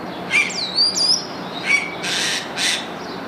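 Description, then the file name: Spotless starling calls: several sweeping, slurred whistles followed by two harsh, rasping bursts, all short and closely spaced. "Storno Nero"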